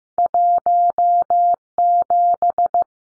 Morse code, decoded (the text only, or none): 17